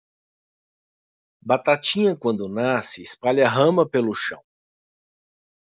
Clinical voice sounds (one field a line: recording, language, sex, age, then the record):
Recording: short text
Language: Brazilian Portuguese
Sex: male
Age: 50 to 59 years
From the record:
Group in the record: control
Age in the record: 50 years